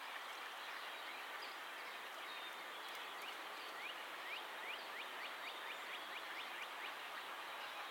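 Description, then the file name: Faint song sparrow trill: a quick series of short, downslurred notes over a steady hiss of background noise. "Melospiza melodia - Song Sparrow"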